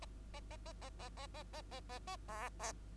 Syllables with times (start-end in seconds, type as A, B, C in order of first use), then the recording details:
0.02-0.05 A, 0.34-0.40 A, 0.51-0.57 A, 0.66-0.73 A, 0.81-0.90 A, 0.99-1.09 A, 1.17-1.27 A, 1.34-1.43 A, 1.53-1.62 A, 1.71-1.80 A, 1.89-1.99 A, 2.07-2.16 A, 2.28-2.49 B, 2.59-2.72 B. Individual Bird2